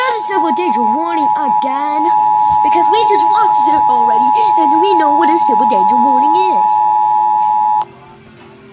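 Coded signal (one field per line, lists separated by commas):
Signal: Emergency Alert System (SAME) tones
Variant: 853 and 960 Hz attention tone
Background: speech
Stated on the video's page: Fictional EAS scenario, not a real alert.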